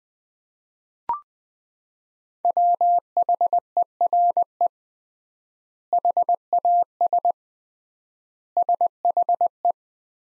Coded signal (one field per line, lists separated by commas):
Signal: Morse code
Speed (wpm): 20 wpm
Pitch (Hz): 700 Hz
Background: none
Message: WHERE HAS SHE